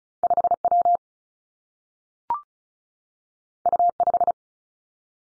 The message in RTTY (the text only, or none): none